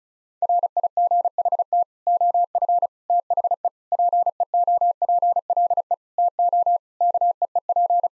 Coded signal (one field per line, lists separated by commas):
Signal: Morse code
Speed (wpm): 36 wpm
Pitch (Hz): 700 Hz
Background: none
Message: RIGHT OF THE PEOPLE TO KEEP